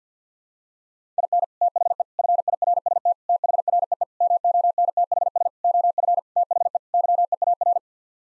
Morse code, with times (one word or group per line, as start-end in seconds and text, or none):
1.2-1.4 IN
1.6-2.0 THE
2.2-3.1 FIRST
3.3-4.0 THREE
4.2-5.5 MONTHS
5.6-6.2 OF
6.4-6.8 THE
6.9-7.8 YEAR